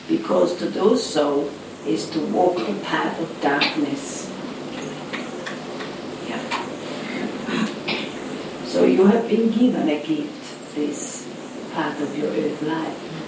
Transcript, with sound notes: because to do so is to walk the Path of Darkness. (Someone is clapping in agreement of this truth.) So you have been given a 'gift' this, part of your Earth Life.